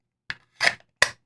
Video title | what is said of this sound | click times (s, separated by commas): Unboxing a Vero Engineering Axon fixed blade with black micarta/DLC M390 steel… cool! | Nice click. Very important, as you know. | 0.3 s, 1.0 s